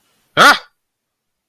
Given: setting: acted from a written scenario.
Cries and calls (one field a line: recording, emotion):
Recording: vocal sound without words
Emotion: negative surprise